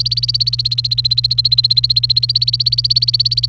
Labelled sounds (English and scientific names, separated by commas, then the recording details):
Domestic Canary (Serinus canaria) song
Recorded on 29 April 2018 at 09:29
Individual llb3